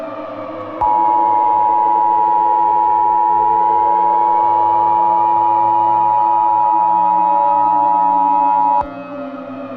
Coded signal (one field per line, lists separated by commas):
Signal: Emergency Alert System (SAME) tones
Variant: 853 and 960 Hz attention tone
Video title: EAS Scenario: The Wendigo Remastered.***Preview 2***